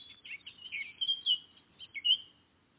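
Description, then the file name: Eurasian blackcap song, a brief phrase of quick chattering notes ending in clear, loud, fluty whistled slurs. "Sylvia atricapilla"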